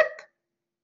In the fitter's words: this click sound that's mean your objective is in the proper position